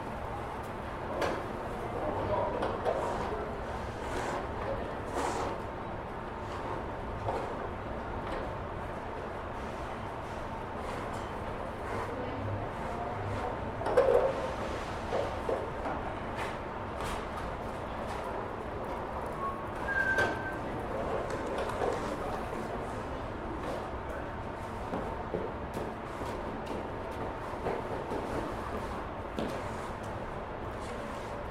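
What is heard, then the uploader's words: Steady murmur at a grocery store entrance, a dense low hum with scattered soft voices and shuffling. Brief clattering knocks stand out near 14 seconds and again around 20 seconds, where a short high tone also sounds, with a faint vehicle rumble underneath. Sitting In A Warm Spot On A Bench At A Grocery Store. Metro Plus Domaine, 6550 Rue Sherbrooke E. Although the door to this grocery store is only a few steps away, and stays shut for a few moments before triggering open automatically, a sweet spot of warmth can be found right here, on the bench facing it.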